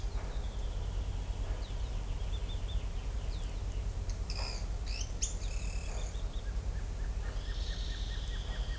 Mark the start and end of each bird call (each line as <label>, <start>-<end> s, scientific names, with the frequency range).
Furnarius leucopus (2.2-4.4 kHz), 0.10-3.94 s
Atalotriccus pilaris (2.1-8.1 kHz), 4.06-6.14 s
Sakesphorus canadensis (1.1-2.7 kHz), 6.43-8.78 s
Dendroplex picus (2.8-6.7 kHz), 7.22-8.78 s